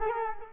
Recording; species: mosquito wingbeat signal from an infrared sensor; Culex quinquefasciatus